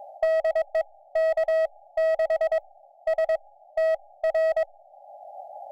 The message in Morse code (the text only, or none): DE K6STR